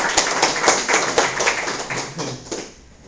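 A crowd applauds with dense, overlapping claps at a steady level for a few seconds, then the clapping thins out and fades toward the end.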